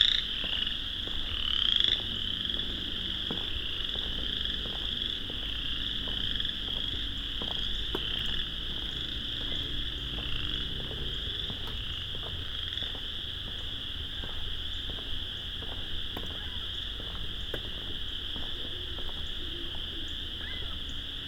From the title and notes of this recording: Dusk spring walk through the Vinemount Swamp. Thousands, maybe tens of thousands, of chorus frogs. Recorded, engineered, narrated and created by ….